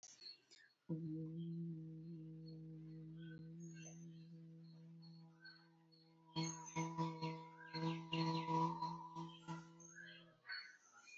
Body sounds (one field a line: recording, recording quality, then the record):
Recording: sustained vowel as in boot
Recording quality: moderate, slight background noise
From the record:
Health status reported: exposed to COVID-19, no respiratory illness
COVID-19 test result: negative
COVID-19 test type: RT-PCR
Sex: female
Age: 22 years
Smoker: no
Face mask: worn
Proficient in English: yes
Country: India